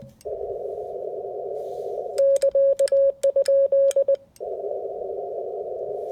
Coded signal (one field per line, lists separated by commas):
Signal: Morse code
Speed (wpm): 20 wpm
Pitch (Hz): 560 Hz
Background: none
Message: <KA>?